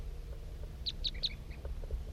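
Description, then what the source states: Crossbill toop calls: three quick, high, clipped notes in a short even series, with fainter lower chirps and a low background hum. Bird 5-3 on a hilltop giving toop calls at 8:21 as a wild crossbill comes in and circles around.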